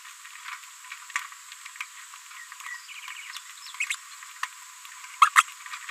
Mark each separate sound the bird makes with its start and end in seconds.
5.21-5.29, 5.37-5.42